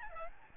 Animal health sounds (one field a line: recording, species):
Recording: mosquito wingbeat signal from an infrared sensor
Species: Aedes albopictus